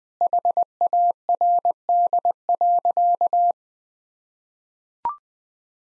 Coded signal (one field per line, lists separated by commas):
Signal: Morse code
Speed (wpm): 20 wpm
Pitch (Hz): 700 Hz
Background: none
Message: HARD.